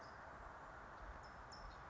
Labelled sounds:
California Towhee
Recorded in Sonoma County, California

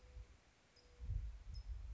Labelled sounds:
California Towhee
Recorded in Sonoma County, California

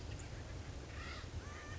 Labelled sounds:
Acorn Woodpecker
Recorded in Sonoma County, California

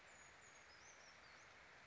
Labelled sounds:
Brown Creeper
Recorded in Sonoma County, California

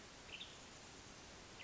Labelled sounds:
Western Tanager
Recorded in Sonoma County, California

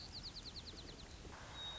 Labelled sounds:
White-crowned Sparrow
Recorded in Sonoma County, California

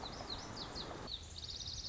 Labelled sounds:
Lazuli Bunting
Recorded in Sonoma County, California

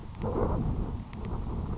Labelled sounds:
Grasshopper Sparrow
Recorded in Sonoma County, California

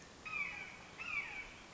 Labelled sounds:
Red-shouldered Hawk
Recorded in Sonoma County, California

